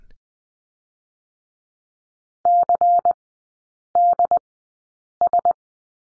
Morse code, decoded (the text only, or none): CDS